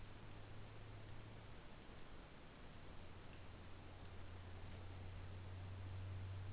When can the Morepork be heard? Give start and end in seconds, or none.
none